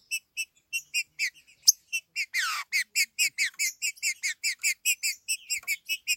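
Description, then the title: Green-winged saltator giving quick chirping notes, several a second, broken by one harsh downward-sweeping rasp. "Trinca Ferro"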